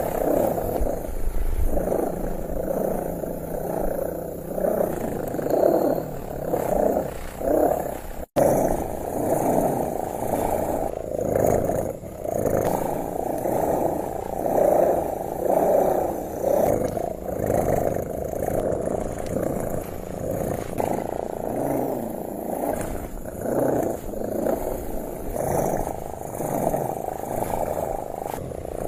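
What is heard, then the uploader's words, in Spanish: A cat purrs, a dense, low, rumbling purr that swells and eases in a steady rhythm with each breath, roughly once a second. Just past the eight-second mark the sound cuts out for an instant before the purring carries on unchanged. Ronroneo de Gato ASMR. Sonido de ronroneo de gato.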